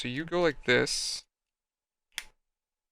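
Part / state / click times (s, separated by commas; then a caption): plastic model kit part into its mating part on a robot model / seated / 2.2 s. Someone talks, then a plastic model kit part for a robot model's torso/head is pressed onto its mating part. It snaps into place with a sharp click at 2.2 seconds.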